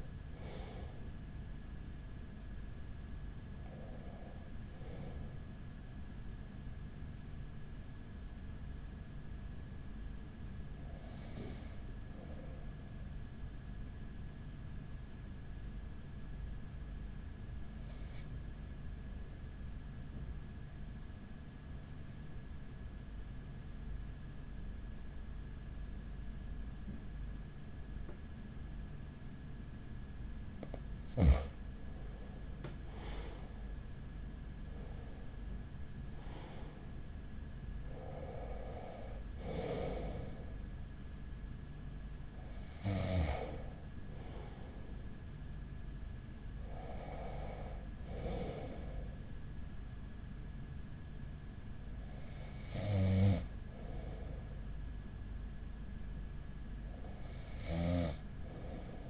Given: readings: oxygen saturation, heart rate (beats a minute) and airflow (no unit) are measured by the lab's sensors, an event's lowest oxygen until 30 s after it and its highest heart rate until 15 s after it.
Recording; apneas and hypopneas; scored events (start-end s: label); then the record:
breathing in sleep by a smartphone at the bedside; 1
11.00-35.30 s: hypopnea (N1, oxygen 96% highest, then 93% lowest, heart rate 41 at the start, 46 highest)
From the record:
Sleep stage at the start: N1 (lightest sleep); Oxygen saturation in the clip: 93 to 96%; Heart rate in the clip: 40 to 46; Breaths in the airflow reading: 13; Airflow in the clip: -7.1 to 8.4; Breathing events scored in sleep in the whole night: 207 in 7.6 hours asleep